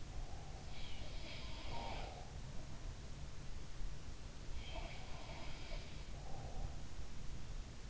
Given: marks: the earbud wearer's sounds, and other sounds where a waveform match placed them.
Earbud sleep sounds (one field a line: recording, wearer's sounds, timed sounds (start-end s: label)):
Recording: sounds in sleep by an in-ear microphone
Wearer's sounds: breath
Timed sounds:
0.00-2.29 s: breath
0.63-2.44 s: sound from someone else or the room
4.71-6.78 s: sound from someone else or the room
5.08-6.78 s: breath